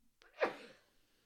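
A single adult woman's sneeze: a brief catch of breath, then one sharp, explosive burst that quickly trails off into a soft exhalation. It sounds somewhat distant and muffled, turned away from the microphone to avoid sneezing into it, in a quiet small room.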